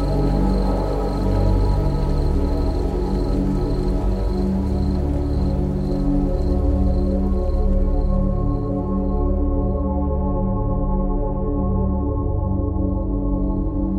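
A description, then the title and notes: Slow, steady relaxing music with deep sustained tones and layered low drones that shift gently and never stop. A thin high whistle-like tone rings through the first half, then fades out around ten seconds, leaving only the warm low chords. Countryside sounds with 432 Hz relaxing music.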